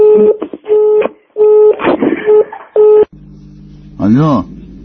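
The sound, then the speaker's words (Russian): Telephone dialing tones: a quick series of steady electronic beeps in uneven bursts, followed by a low buzzing hum and a brief warbling tone near the end. “Ой, какая, блядь, звонит.”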